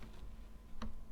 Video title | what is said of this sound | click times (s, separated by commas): Technika Comparison | It will click into its rear position. | 0.8 s